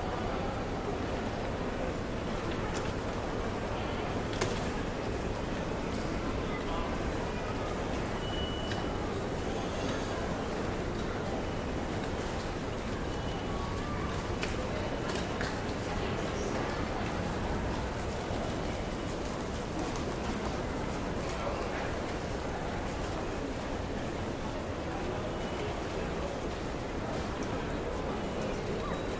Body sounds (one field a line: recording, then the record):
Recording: background sound without coughing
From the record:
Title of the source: Train Station Sounds Paris